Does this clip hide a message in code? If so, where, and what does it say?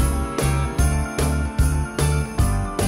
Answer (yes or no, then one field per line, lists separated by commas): no